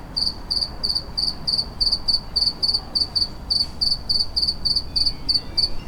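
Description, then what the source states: Cricket chirping: short pulsed chirps, high and bright, repeated about three times a second. Recorded in a city.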